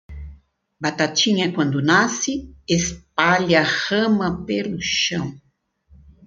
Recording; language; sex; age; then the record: short text; Brazilian Portuguese; female; 60 to 69 years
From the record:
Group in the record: control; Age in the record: 68 years